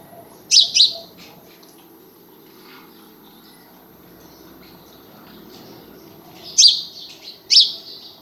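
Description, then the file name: House sparrow chirps, two near the start and two more about six seconds later, with quiet background between. "Passer domesticus"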